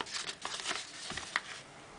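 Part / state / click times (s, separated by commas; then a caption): folding shovel blade into its locked open position / seated / 1.4 s. A small folding trench shovel, possibly made by Coleman, is unfolded and its metal blade is locked into its open position. Soft rustling and handling noises lead up to a sharp click at 1.4 s as the blade locks into place.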